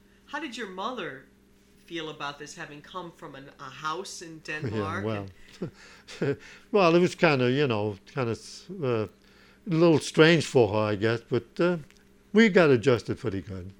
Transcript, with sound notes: How did your mother feel about this, having come from a house in Denmark and...
( he laughs ) Yeah, well, it was kind of, you know, kind of, a little strange for her, I guess, but we got adjusted pretty good.